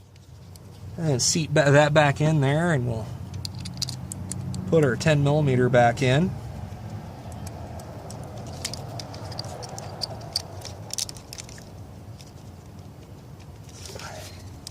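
On a 2002 Volvo S60 2.4T, after the ignition coil and its 10 mm bolt are refitted, a plastic electrical connector is handled for pushing back onto the ignition coil. Someone talks near the start, followed by sharp, light handling taps and clicks over a quiet background. The clip ends before the connector goes home; nothing has seated or clicked yet.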